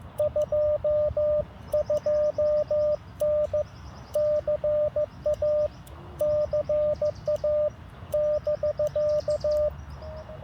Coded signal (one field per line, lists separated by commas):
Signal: Morse code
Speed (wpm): 14 wpm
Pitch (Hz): 600 Hz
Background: none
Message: 22N CA CA <BK>